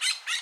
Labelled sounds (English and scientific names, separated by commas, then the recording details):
Brown-throated Parakeet (Eupsittula pertinax) contact call
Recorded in Bonaire
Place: just S of turnoff to Cai, near Lac Bay
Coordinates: 12.126, -68.239